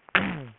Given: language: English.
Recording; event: throat vibration sensor signal played as sound; throat clearing